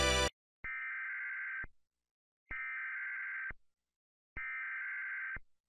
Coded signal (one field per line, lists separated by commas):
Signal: Emergency Alert System (SAME) tones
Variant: header bursts